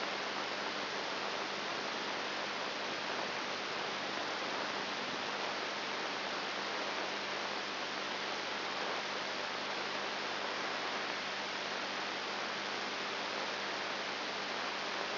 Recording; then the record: brain microelectrode recording played as sound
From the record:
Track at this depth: outside the subthalamic nucleus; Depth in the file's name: 0.308 mm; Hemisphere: left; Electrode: 3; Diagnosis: Parkinson's disease